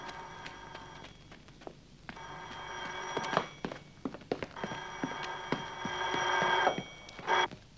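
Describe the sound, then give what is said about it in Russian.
A telephone rings in repeated bursts of bright, high metallic trilling, with short gaps between rings, alongside sharp knocks and shuffling like hurried footsteps of a man running to the telephone; no one speaks. “Поликарп бежит к телефону.”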